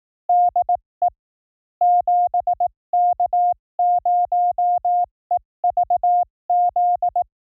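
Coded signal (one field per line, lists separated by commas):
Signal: Morse code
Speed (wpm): 18 wpm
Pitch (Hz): 710 Hz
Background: none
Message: DE 7K0EVZ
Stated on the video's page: Morse training drill of random Japanese callsigns at speeds from 15 to 25 WPM, 300 calls, generated at a 44100 Hz sampling rate.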